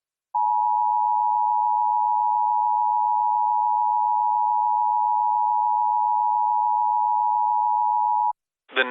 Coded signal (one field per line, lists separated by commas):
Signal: Emergency Alert System (SAME) tones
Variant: 853 and 960 Hz attention tone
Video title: EAS Reenactment Mock: Harvey wrecks havoc [v2] (Extreme Wind Warning) - AUG 25 2017